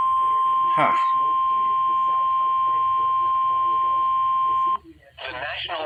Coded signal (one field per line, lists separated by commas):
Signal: Emergency Alert System (SAME) tones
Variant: 1050 Hz attention tone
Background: speech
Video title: EAS #436: Tornado Warning - Indiana (3/31/2023) (KEC74)